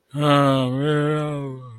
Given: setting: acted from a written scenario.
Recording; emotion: vocal sound without words; disappointment